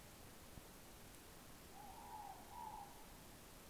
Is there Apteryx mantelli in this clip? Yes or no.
no